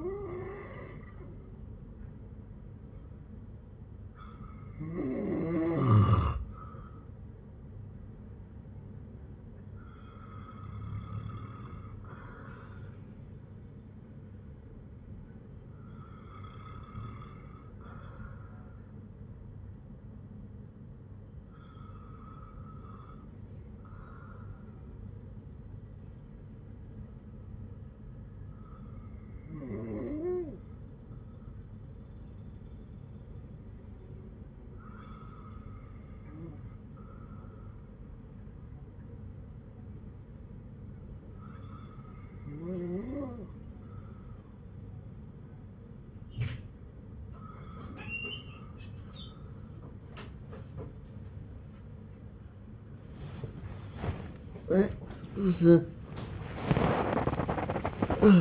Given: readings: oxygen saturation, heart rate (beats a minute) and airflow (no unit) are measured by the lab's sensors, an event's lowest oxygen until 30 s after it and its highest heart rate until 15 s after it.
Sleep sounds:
breathing in sleep by a smartphone at the bedside; 1
33.00-54.30 s: hypopnea (N2, oxygen 96% highest, then 96% lowest)
40.00-58.41 s: new sleep stage, awake
45.00-58.41 s: awake
From the record:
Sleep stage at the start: N2 (light sleep); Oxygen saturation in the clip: 93 to 96%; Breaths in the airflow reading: 11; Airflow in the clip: -8.3 to 9.9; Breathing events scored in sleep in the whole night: 182 in 7.4 hours asleep

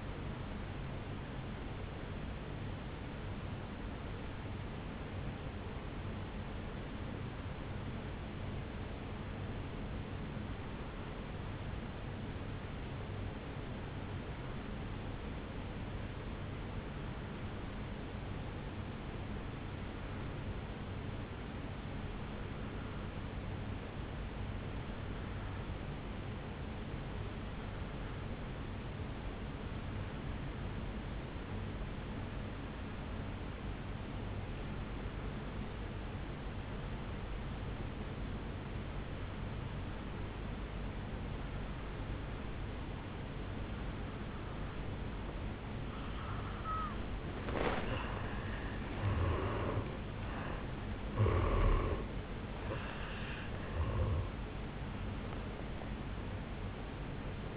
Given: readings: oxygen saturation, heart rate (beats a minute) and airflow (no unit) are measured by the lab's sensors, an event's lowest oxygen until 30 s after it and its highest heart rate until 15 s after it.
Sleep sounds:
breathing in sleep by a voice recorder at the bedside; 1
3.00-48.10 s: obstructive apnea (N1, oxygen 97% highest, then 83% lowest, heart rate 55 at the start, 77 highest)
12.00-42.00 s: new sleep stage, N2 (light sleep)
42.00-57.57 s: new sleep stage, N1 (lightest sleep)
From the record:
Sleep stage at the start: N1 (lightest sleep); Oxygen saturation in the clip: 84 to 97%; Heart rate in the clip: 53 to 77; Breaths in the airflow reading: 4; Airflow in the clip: -10.6 to 5.8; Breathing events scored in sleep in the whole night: 449 in 7.0 hours asleep

